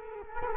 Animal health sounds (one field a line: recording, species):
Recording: mosquito wingbeat signal from an infrared sensor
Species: Culex quinquefasciatus